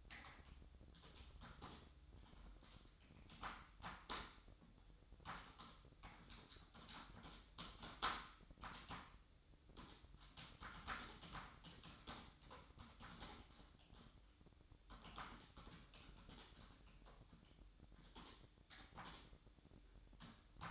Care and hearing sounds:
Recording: daily activity, microphone in the room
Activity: typing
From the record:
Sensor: 3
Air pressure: 1007.6 hPa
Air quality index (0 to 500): 60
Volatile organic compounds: 1 ppm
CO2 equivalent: 611 ppm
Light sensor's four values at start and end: 11/26/11/11 and 11/25/10/11

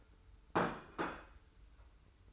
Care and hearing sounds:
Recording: daily activity, microphone in the room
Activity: place plate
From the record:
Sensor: 2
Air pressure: 990.7 hPa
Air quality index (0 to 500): 148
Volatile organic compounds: 371 ppm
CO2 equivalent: 4623 ppm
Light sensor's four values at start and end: 26/59/24/25 and 26/59/24/25

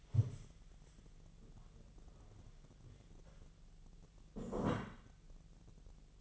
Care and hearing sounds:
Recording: daily activity, microphone in the room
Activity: stand up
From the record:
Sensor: 4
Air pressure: 1001.2 hPa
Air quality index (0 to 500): 182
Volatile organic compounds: 2 ppm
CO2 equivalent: 1306 ppm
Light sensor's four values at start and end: 14/32/13/13 and 14/32/13/13

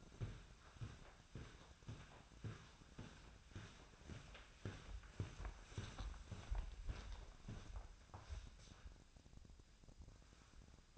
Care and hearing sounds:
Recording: daily activity, microphone in the room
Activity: walk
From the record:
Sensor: 2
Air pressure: 1009.2 hPa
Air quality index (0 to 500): 180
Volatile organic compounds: 3 ppm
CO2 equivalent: 1316 ppm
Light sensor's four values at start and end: 46/118/51/56 and 47/122/52/58

